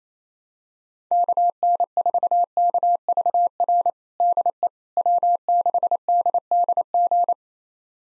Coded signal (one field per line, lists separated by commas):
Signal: Morse code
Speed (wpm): 27 wpm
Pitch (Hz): 700 Hz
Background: none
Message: KN4KVR DE W6DDG